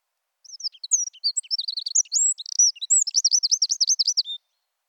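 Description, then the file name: Eurasian wren song: a four-second rush of shrill twittering notes and brief trills, ending in a fast run of repeated high notes and one final thin note. "Troglodytes troglodytes"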